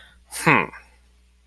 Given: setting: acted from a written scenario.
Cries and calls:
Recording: vocal sound without words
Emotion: contempt

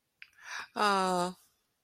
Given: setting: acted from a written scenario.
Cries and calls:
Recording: vocal sound without words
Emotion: sympathy

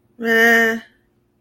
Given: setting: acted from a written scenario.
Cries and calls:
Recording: vocal sound without words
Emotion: neutral

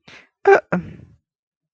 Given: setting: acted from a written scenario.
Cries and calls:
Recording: vocal sound without words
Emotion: neutral

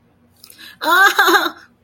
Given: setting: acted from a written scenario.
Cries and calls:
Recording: vocal sound without words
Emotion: distress

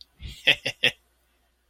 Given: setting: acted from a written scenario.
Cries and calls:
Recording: vocal sound without words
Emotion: amusement

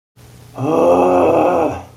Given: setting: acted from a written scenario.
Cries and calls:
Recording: vocal sound without words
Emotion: anger

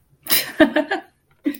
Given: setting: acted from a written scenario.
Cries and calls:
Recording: vocal sound without words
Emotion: amusement

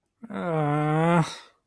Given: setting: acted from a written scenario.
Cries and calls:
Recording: vocal sound without words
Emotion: disappointment

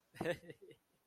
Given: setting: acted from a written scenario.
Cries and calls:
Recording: vocal sound without words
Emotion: amusement

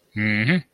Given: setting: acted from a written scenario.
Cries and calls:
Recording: vocal sound without words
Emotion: neutral

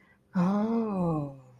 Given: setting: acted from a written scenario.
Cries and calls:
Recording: vocal sound without words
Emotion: interest

